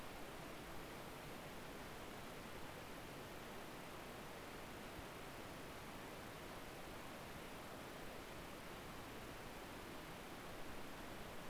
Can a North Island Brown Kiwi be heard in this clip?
no